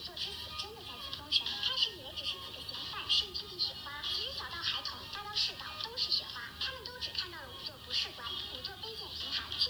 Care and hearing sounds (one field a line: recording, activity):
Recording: daily activity, guitar pickup as the sensor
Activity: browse video